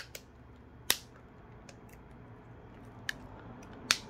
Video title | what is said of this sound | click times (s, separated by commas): samsung A21s lcd screen replacement and teardown/disassembly | into the middle frame and you can feel the clicks as you go along | 0.9 s, 3.1 s, 3.9 s